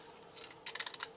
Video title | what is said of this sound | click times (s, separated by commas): How To Video: Change Lamp On WAC Lighting - HR-423 Recessed Downlight | back into the fixture like so you can hear it snap securely then | 0.8 s